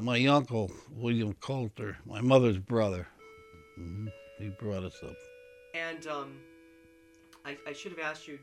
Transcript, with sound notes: My uncle, William Coulter, my mother's brother. (a clock chimes in the background) He brought us up.
And, I should have asked you,